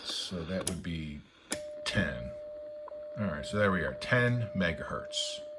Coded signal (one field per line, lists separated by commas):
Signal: radio time signal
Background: speech